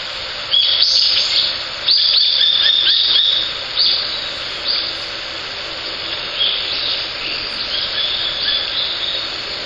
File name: ツミ 1505311608 遠藤